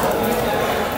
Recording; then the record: background sound without coughing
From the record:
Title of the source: 40 min - Ambience sounds UNIVERSITY lunchroom chatting